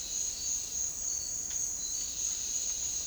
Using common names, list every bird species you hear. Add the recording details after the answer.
none. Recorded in dense forest near Puerto Asís, Putumayo, Colombia, on 20 February 2024 at 07:30. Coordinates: 0.500, -76.322. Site G6465